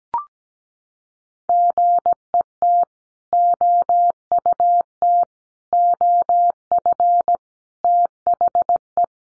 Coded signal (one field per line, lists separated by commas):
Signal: Morse code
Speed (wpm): 17 wpm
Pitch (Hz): 700 Hz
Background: none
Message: GET OUT OF THE